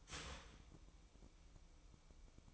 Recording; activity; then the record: daily activity, microphone in the room; start toaster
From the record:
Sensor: 1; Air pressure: 1007.1 hPa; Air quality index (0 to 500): 73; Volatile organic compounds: 1 ppm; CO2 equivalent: 652 ppm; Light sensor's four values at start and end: 8/18/7/8 and 8/18/7/8